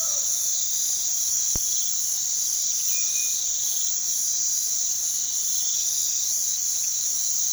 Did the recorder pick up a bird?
yes